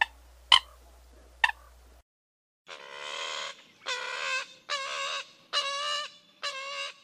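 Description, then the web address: American coot calls: a series of nasal, bleating honks, each under a second long, about once a second. Recorded in North America. "Songs of Birds of North America. American Coot"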